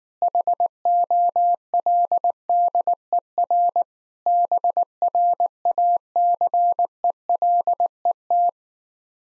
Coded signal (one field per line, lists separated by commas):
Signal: Morse code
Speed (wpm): 19 wpm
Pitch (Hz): 700 Hz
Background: none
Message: HOLDER BRACELET